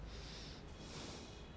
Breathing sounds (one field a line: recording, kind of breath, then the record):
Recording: one breath in and out by a microphone near the nose and mouth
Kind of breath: normal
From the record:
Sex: male